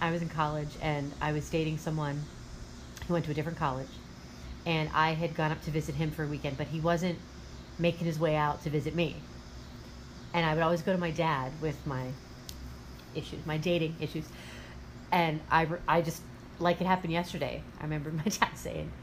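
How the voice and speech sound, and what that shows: A woman speaks fluently in a clear, steady mid-pitched voice with natural pauses; ordinary speech.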